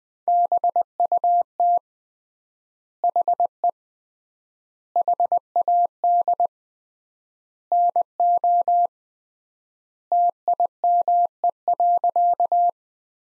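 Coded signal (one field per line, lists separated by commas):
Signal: Morse code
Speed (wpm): 21 wpm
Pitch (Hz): 700 Hz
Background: none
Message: BUT HE HAD NO TIME.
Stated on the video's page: Morse practice sentences built from the top 100 words, sent at 20 wpm with 3x standard word spacing, a word-level analogue of Farnsworth.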